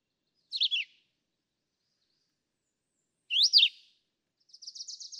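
Philadelphia vireo singing two brief slurred whistled phrases separated by a long pause, then a faint high buzzy trill.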